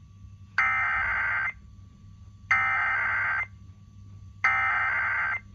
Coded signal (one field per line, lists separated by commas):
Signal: Emergency Alert System (SAME) tones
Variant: header bursts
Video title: KLLI 93.9 Automated Weekly Test (EAS #1447)